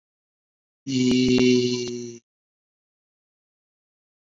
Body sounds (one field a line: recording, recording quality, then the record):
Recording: sustained vowel as in beet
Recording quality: excellent, no background noise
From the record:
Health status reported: COVID-19 positive, moderate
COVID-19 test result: positive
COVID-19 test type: RT-PCR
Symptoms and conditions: cough, cold, breathing difficulty, fever, fatigue, chronic lung disease, hypertension, diabetes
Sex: male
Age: 65 years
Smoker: no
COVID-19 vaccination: both doses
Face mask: worn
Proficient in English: no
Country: India